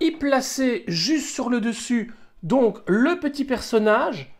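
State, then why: Not seated. A small resin Sagittarius temple figure is being placed onto the top of the statue accessory while someone talks throughout. Only speech is heard, with no distinct click. Nothing has seated or clicked yet when the clip ends.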